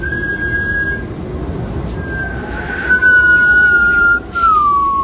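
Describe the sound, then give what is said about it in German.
Wind whistles over the rocks of an island in a thin, steady tone that slowly bends downward in pitch, with a brief break near the end, riding over a constant low rushing roar. “Der Wind pfiff einsam über die Felsen der Fasteninsel.”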